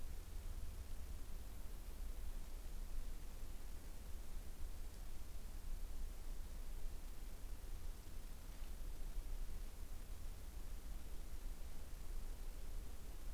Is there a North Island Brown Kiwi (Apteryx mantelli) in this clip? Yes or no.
no